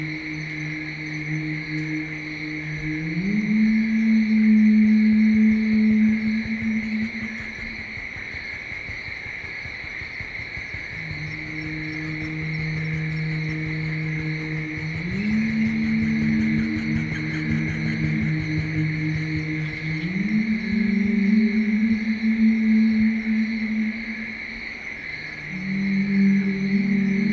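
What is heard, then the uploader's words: Frogs call in low, hooting tones that step up and down in pitch, in long drawn-out bouts near the start, through the middle, and again toward the end. Behind them, a steady chorus of crickets rings high and unbroken throughout. Listening to the crickets and frogs singing so happily after flooding rains.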